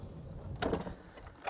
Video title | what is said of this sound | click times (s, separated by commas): The Ultimate Land Rover Defender. A custom expedition 110 Adventure Station Wagon - Collecting Cars | and then locks in place as well more importantly so that it's not rattling around | 0.6 s